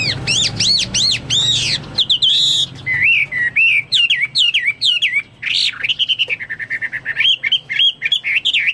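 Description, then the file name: Chinese hwamei song: loud, varied whistled phrases of arched, slurred notes, some in quick runs, others repeated in rapid bursts. "omkicau hwamei"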